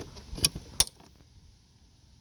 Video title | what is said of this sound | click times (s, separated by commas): Rav4 Rear License Plate Bulb or Lamp Replacement How to Change DIY | and then this is just gonna snap right in there | 0.5 s, 0.8 s